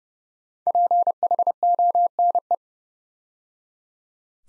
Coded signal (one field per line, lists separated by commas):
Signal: Morse code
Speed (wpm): 30 wpm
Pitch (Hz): 700 Hz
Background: none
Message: PHONE